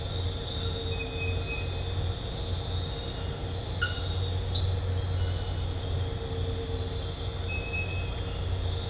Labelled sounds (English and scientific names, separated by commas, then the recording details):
none
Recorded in dense forest near Puerto Asís, Putumayo, Colombia, on 4 March 2025 at 02:30
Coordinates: 0.468, -76.322
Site GP01